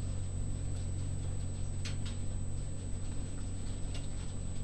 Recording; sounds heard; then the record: poultry house recording; no chicken sound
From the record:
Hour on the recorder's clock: 22